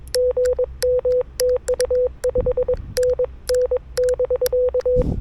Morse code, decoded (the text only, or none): GM TU 5NN <BK>